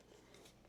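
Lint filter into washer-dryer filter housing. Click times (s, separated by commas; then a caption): 0.3 s. A replacement lint filter for a GE Profile combo 2-in-1 washer-dryer is pushed into its filter housing. It gives a small click at 0.3 s as it seats into the hole and holds secure. A faint rubbing sound runs through the rest of the clip.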